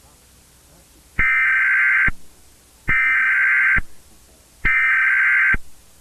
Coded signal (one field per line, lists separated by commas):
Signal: Emergency Alert System (SAME) tones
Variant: header bursts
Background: speech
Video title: EAS scenario: Insane Mickey (EAS scenario)